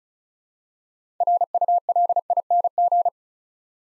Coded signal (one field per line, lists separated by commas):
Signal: Morse code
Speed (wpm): 36 wpm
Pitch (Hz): 700 Hz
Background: none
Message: RULING